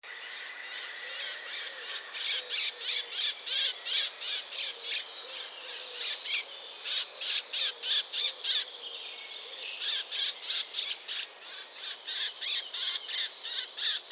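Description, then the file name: Eurasian blackcap giving hard tacking calls, blurred clicks repeated about three times a second with a steady rhythm, thin whistles faintly behind. "Sylvia atricapilla"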